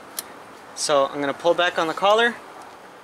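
An A/C recharge hose's quick-connect coupler is handled at a vehicle's low side service port while someone talks, with a brief sharp tick near 0.2 seconds and a faint one at the very end. Nothing has snapped into place or seated yet.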